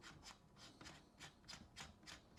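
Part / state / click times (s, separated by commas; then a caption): airsoft tracer unit on muzzle thread adapter of a toy rifle / not seated / none. An airsoft tracer unit is screwed onto the muzzle thread adapter of a toy rifle, with repeated rubbing, rasping turns of the metal and plastic threads, and a slightly louder scrape near 0.8 s. The unit is threaded on, but it has not locked or clicked into place yet.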